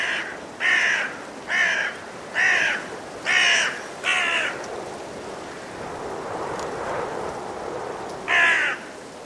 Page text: A group of five Carrion Crows in the trees, before roosting, during a blustery force 6 wind. Recorded in winter at Woodchester Park, Gloucestershire by Richard Margoschis. British Library